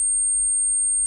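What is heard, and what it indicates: A steady, high-pitched, device-generated tone simulating tinnitus, with a more or less vibrating quality.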